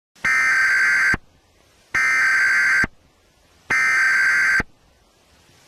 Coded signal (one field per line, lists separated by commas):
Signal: Emergency Alert System (SAME) tones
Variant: header bursts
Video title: EAS Scenario - Aliens Take Over Tennessee